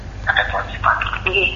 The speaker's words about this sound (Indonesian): Mohon volume televisinya dikecilkan.